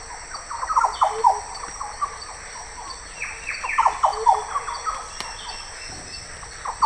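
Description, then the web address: Green oriole uttering a few short runs of warbled, slurred notes. "voix doiseaux loriot des paletuviers oriolus flavocinctus"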